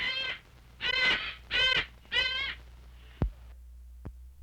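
Bird calls: four harsh, drawn-out nasal caws, followed by two sharp clicks.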